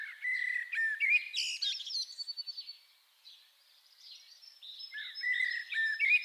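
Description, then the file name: Common blackbird song: low fluted whistled phrases followed by high squeaky twitters, a short pause, then another mellow phrase with a twittering end. "Turdus merula"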